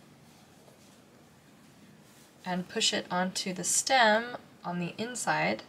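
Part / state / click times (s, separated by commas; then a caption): plastic safety eye back onto eye stem in a crocheted toy / not seated / none. A plastic safety eye back is slipped over the stem of a safety eye inside a crocheted hippo's head and lined up before being pushed home. The first 2.5 seconds hold only a faint low background hum, then someone talks until the end. Nothing has seated or clicked yet.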